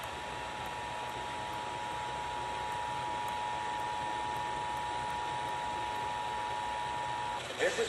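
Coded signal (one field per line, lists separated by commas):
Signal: Emergency Alert System (SAME) tones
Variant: 853 and 960 Hz attention tone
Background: speech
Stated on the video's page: Off-air EAS captures from Riverside and San Bernardino area.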